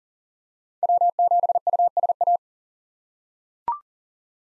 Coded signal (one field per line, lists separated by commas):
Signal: Morse code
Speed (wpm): 40 wpm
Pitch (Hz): 700 Hz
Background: none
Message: W7USA